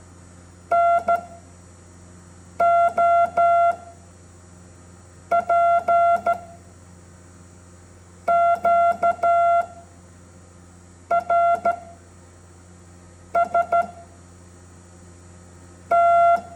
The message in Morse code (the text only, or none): NOPQRST